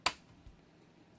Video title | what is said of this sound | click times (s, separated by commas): Star Wars Episode 4 A New Hope Detention Block Rescue Playset POTF | close it there's nothing to it you just kind of push the door to here snap or | 0.1 s